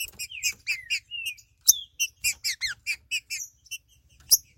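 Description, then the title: Green-winged saltator song with varied slurred whistles and downward-sweeping notes, some held briefly, with a few sharp clicks over a faint low rumble. "Trinca Ferro"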